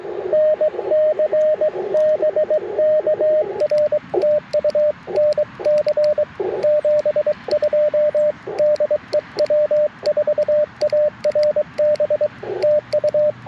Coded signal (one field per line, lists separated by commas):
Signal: Morse code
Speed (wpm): 22 wpm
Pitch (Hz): 590 Hz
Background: radio noise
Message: NC BK R TU NC 72 DE W4ARB TU